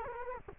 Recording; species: mosquito wingbeat signal from an infrared sensor; Culex quinquefasciatus